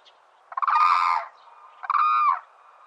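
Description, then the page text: Hooded crane giving two harsh, trumpeting calls separated by a short pause. "흑두루미(Hooded Crane) 接寫"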